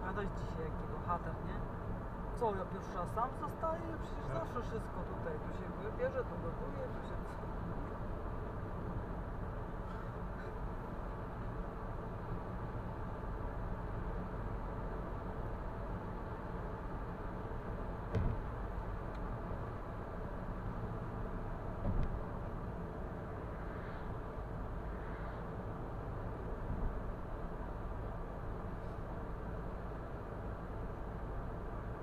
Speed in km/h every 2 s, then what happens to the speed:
84, 84, 84, 83, 82, 81, 82, 81, 82, 81, 75, 73, 72, 73, 73, 73.
0-16 steady at about 82. 16-23 slows to 72. 23-32 steady at about 73.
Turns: none.